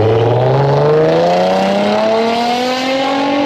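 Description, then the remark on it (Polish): A rear-wheel-drive car's engine revs hard in one loud, continuous run as it drifts with its rear wheels sliding, its pitch climbing steadily as the throttle is held open. No one speaks. “ogłaszają miejsca spotkań i tam bawią się w sposób taki, że trenują rodzaj driftu, uślizgu tylnych kół, wzajemnie się dopingując.”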